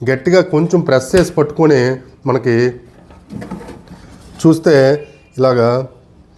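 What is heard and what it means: Someone talks while pressing firmly on and holding the interlocking latch of a voting compartment on a 1952 metal ballot box, with faint handling noise between phrases. The latch has not yet locked, and nothing has seated or clicked yet.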